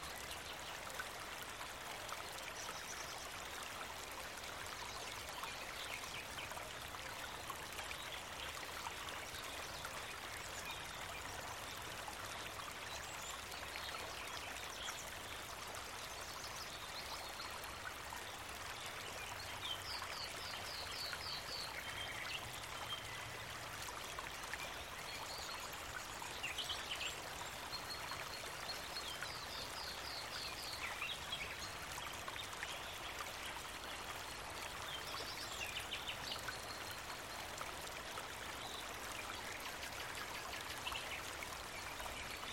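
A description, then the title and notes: Bamboo leaves rustle in a steady, dense hiss, with a continuous watery trickle underneath and faint bright chirps scattered throughout. Bamboo leaves rustle gently in the breeze. The occasional chirping of crickets and the distant call of birds.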